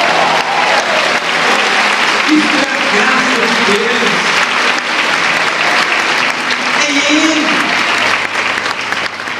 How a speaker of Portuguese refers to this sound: E a Bíblia diz que eu sou justo. Quem é justo aqui, dê um aplauso ao Senhor.